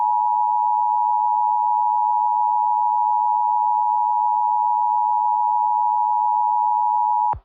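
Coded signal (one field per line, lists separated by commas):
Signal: Emergency Alert System (SAME) tones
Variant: 853 and 960 Hz attention tone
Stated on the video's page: Fictional scenario containing valid EAS tones.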